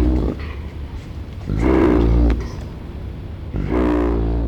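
Hyena groaning: a few low, drawn-out moans.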